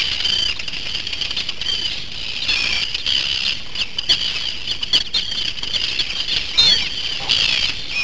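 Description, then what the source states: Arctic terns calling in a thick overlapping chorus of shrill, rasping cries, with a louder strident cry near the end rising above the crowd. Many birds at an airfield in the West Fjords, Iceland, 27-29 June; disturbed by a car, they fly up and dive at the car and a person, aggressively attacking.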